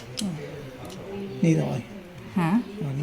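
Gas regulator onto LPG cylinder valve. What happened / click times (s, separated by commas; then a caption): The regulator snapped and locked onto the cylinder valve / 0.2 s. A gas regulator is pressed down onto the valve of an LPG cylinder, and a single sharp click at 0.2 s marks it locking in place. Someone talks over the sound, and the regulator ends up seated and locked on the cylinder valve.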